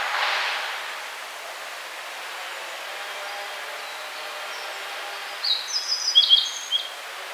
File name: Emberiza sulphurata